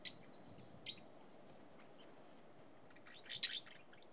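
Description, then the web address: Red-rumped parrot making a few bright, high chirps: two brief notes in the first second, then a louder rapid burst of chirps near the end, with soft background hiss. "BBC Sound Effects Library. Red Rumped Parakeet"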